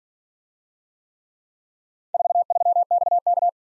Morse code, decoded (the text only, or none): 43XK